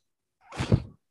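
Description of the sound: A brief low whoosh with a soft thump, the breath-delivery sound of a mechanical ventilator.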